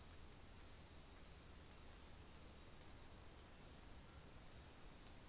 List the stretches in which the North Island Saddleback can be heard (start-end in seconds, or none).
none